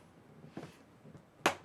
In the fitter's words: there we go got it did you hear it snap all right